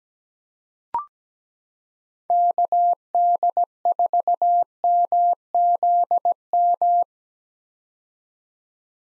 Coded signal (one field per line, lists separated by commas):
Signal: Morse code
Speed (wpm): 17 wpm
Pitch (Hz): 700 Hz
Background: none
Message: KD4MZM